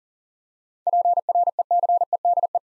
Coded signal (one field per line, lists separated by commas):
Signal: Morse code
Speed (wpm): 40 wpm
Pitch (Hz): 700 Hz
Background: none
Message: PRECEDE